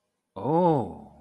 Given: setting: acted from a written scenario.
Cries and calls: vocal sound without words; interest

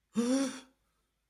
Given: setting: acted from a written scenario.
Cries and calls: vocal sound without words; fear

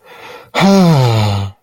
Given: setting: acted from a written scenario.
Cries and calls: vocal sound without words; relief

